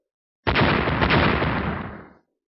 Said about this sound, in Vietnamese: Tiếng nổ vô biên vô hạn không ngừng vang vọng ở trên bầu trời.